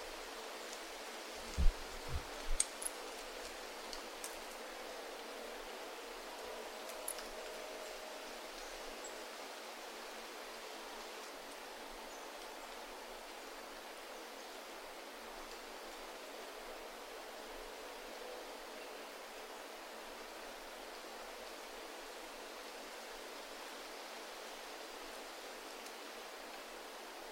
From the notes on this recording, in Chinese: 听远钟声，听风息声，听林涛声，听落叶声